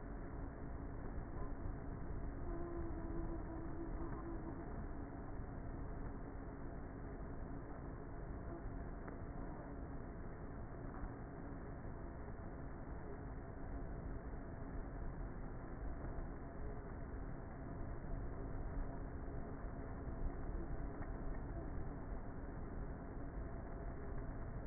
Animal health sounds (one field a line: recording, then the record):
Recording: honeybee colony, microphone inside the hive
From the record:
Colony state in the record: queenless with a low population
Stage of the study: before two queens were removed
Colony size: about 30,000 bees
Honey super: no